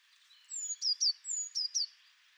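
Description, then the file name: Eurasian blue tit giving high thin whistled notes, each followed by a sharp descending trill, two phrases in quick succession over faint background hiss. "Cyanistes caeruleus"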